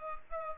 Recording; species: mosquito wingbeat signal from an infrared sensor; Culex pipiens